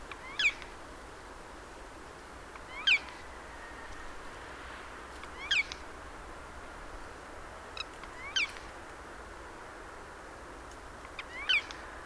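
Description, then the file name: Eurasian jay giving short mewing calls with a bent, harmonic tone, repeated every few seconds against a steady background hiss. "Garrulus glandarius"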